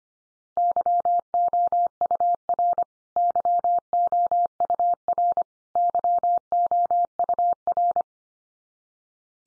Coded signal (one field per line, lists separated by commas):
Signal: Morse code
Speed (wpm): 25 wpm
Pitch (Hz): 700 Hz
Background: none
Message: YOUR YOUR YOUR